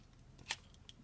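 A Blackvue DR3500-FHD dash camera is pulled off its windshield mount bracket while the lock button on its back is held down. A sharp click at 0.5 s marks the release, and fainter ticks come before and after it. The camera comes free of the mount.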